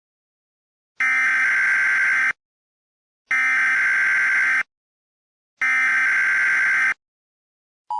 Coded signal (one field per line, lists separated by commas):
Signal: Emergency Alert System (SAME) tones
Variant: header bursts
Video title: EAS Scenario 1: Slenderman Ramage